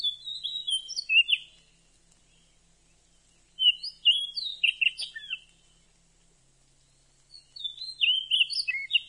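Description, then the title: Oriental magpie-robin song in three bouts of rapid whistled and scratchy notes, high-pitched and varied, with pauses of about two seconds between bouts. "Kacer"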